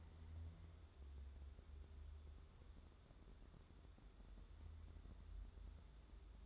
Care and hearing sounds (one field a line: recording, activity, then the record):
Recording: daily activity, microphone in the room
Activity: wipe stove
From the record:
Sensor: 3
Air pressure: 1015.1 hPa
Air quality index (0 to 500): 62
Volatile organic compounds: 1 ppm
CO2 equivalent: 808 ppm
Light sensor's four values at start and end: 15/39/15/16 and 15/39/15/16